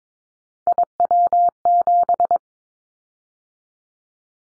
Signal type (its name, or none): Morse code